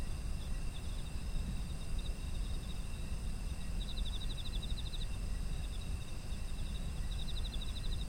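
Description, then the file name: Insects chirping, faint at first, then rapid pulsed trills grow clearer in the second half over steady shrill tones and low rumble. Autumn insects, environmental ambient sound. "秋の虫の環境音"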